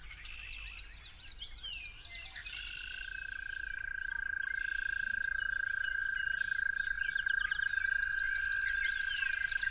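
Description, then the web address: Toad trill starts a few seconds in and runs steady and unbroken to the end, beneath a dense chorus of warbling and chattering songbirds. At dawn. "musicofnature Toads at Dawn"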